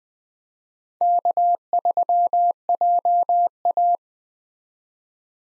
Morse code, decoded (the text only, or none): K3JA